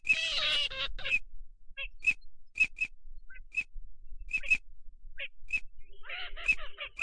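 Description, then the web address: Ducks: a loud harsh quacking burst at the start, sporadic sharp whistled pips, then another rasping quack series near the end. Migratory ducks, male and female. "Male and female migratory ducks. صدای-مرغابی-های-مهاجر-نر-و-ماده"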